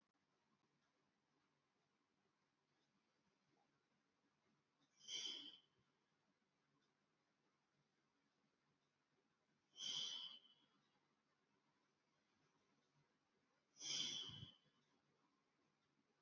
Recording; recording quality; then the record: shallow breathing; excellent, no background noise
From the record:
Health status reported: healthy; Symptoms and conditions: hypertension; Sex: male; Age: 48 years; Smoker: not ticked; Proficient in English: yes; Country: India